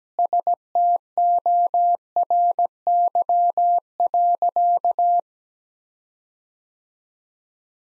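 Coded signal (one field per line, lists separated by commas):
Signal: Morse code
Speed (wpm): 17 wpm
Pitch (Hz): 700 Hz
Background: none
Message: STORY.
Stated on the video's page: Morse code practice sentences of common five-word phrases at 17 wpm for head-copy, each sent twice with first words spoken.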